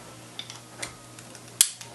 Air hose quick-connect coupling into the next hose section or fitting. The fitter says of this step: One more click.